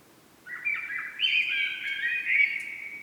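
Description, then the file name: Common blackbird singing one unbroken warbled phrase of fluted, slurred notes. "Turdus merula"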